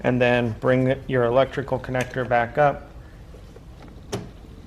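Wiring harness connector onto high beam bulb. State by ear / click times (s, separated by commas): seated / 4.1 s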